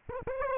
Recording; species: mosquito wingbeat signal from an infrared sensor; Aedes aegypti